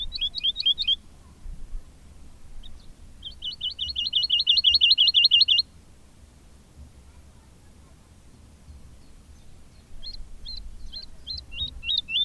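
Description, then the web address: Woodlark song with several phrases: a short run of looping notes, then a fast, even trill of repeated notes lasting over two seconds, then slower looping notes returning. "agykontroll Madardalok Cd 2. Erdei pacsirta"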